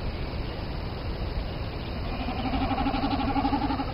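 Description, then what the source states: Common snipe drumming: a low, rapidly pulsed bleating hum with a higher overtone, swelling over about two seconds above a steady rumble of background noise and faint high ticking. Recorded at Ruhtinansalmi, Suomussalmi, on 17 May this year.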